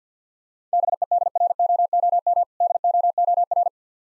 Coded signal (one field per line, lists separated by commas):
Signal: Morse code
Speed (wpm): 51 wpm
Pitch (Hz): 700 Hz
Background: none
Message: BEDROOM DOOR